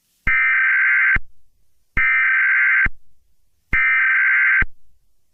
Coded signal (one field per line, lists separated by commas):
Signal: Emergency Alert System (SAME) tones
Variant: header bursts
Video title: eas scenario catemojibabyheat the young country bomber vs baby abuse emoji cat part 31